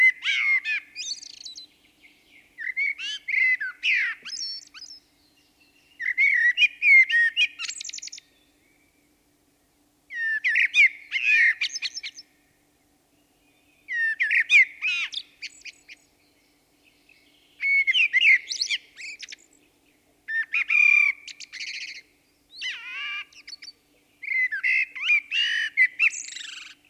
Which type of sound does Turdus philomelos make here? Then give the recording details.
song. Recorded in the wild. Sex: male. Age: adult. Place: Breitenbach, Baden-Württemberg, DE. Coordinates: 49.0417, 10.2128. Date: 1971-04-28. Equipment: Uher Report 4200, Scotch-Classic 19cm, AKG D190C in Doppelparabolreflektoren. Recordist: Krey, Winfried